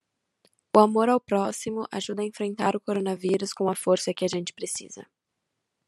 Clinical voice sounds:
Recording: spoken sentence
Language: Brazilian Portuguese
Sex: female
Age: 18 to 19 years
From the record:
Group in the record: control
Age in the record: 19 years

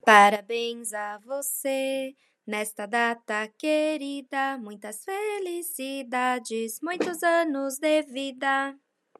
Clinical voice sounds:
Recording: short text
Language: Brazilian Portuguese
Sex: female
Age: 20 to 29 years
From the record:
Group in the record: control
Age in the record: 29 years

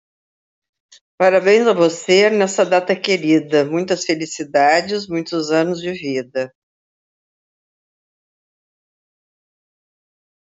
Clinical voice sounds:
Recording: short text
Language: Brazilian Portuguese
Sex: female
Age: 70 to 79 years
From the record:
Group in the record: control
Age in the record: 70 years

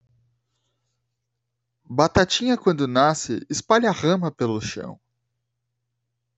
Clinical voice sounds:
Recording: short text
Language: Brazilian Portuguese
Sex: male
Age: 20 to 29 years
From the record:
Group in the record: control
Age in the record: 27 years

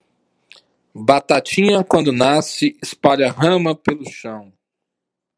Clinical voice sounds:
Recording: short text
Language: Brazilian Portuguese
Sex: male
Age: 50 to 59 years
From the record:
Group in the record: control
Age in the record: 54 years

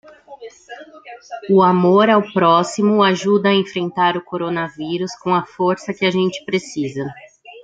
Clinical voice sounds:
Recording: spoken sentence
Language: Brazilian Portuguese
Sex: female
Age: 30 to 39 years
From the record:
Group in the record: control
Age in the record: 34 years

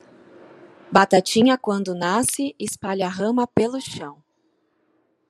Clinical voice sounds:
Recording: short text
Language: Brazilian Portuguese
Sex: female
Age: 30 to 39 years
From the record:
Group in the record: control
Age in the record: 36 years

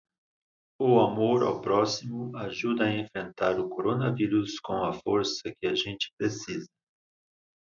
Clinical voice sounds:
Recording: spoken sentence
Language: Brazilian Portuguese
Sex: male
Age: 50 to 59 years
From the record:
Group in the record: control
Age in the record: 58 years

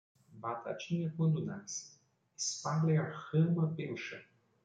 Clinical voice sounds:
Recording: short text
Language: Brazilian Portuguese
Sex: male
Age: 40 to 49 years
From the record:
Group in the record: control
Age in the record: 41 years

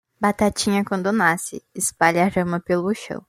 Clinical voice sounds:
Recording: short text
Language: Brazilian Portuguese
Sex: male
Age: 20 to 29 years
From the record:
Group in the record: control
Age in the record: 24 years

